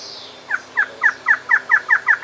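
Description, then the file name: Bird calls: eight evenly spaced, downslurred notes at about four per second, preceded by a thin high whistle. "SABIOD 50 bird 2015"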